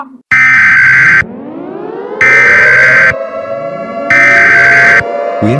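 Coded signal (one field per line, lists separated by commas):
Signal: Emergency Alert System (SAME) tones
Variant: header bursts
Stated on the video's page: Simulated EAS alert tones for a fictional zombie invasion scenario.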